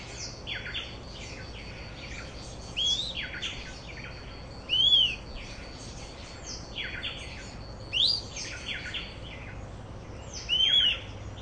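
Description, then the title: Fuscous flycatcher singing clear arched and sharply rising whistled notes, one every two to three seconds, against a busy background of softer bird chirps and steady hiss. Subspecies Cnemotriccus fuscatus fuscatior. "LuckyPassaro Completos2Sama. Fuscous Flycatcher (Cnemotriccus fuscatus fuscatior)"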